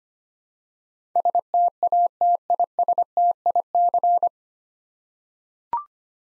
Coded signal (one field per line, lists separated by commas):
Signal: Morse code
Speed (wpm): 25 wpm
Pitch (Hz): 700 Hz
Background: none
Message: STATISTIC